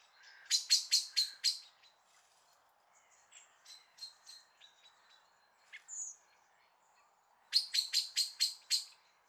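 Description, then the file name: Common blackbird calls: two bursts of five and six fast, hard chinks framing softer scattered notes and one brief high whistle. "Turdus merula"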